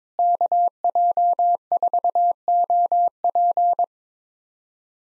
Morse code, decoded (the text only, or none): KJ4OP